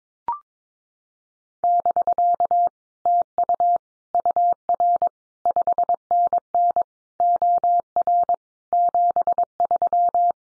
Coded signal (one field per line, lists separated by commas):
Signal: Morse code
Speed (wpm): 22 wpm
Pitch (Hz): 700 Hz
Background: none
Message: <BK> TU UR 5NN OR 73